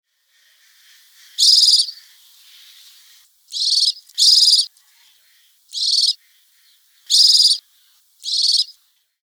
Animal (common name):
Spectacled Owl